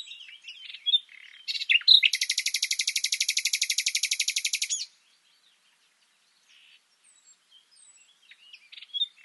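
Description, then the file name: Common nightingale song: a few scattered notes, then a fast, loud, buzzy trill of rapid repeated pulses for about three seconds, followed by a pause and soft notes. "Luscinia megarhynchos"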